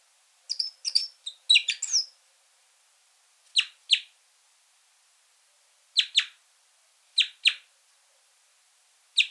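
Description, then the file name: Red crossbill opens with a quick twittering run of varied high notes, then gives sharp paired 'kip' calls every second or two. Calls and song elements. "Golosa ptic - Klest-elovik Pozyvki i elementy peniya"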